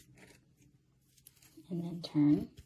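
A drill bit is fitted into the handpiece of an ANBEISTEE 45,000 RPM electric nail drill; the bit has been popped into the end and the handpiece collar is about to be turned to twist-lock the chuck on the bit. Someone talks while faint handling taps are heard around 1.2 and 1.3 seconds. Nothing has seated or clicked yet.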